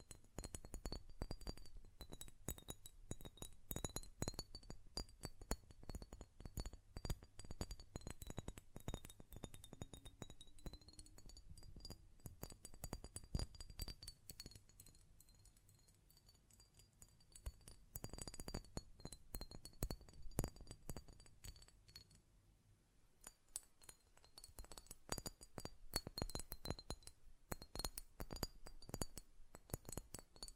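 Rapid, dense tapping and clinking on a glass perfume bottle, with a thin steady ringing tone held high above it. The taps thin out into a quieter stretch around 14 to 18 seconds and briefly again near 23 seconds before resuming thickly.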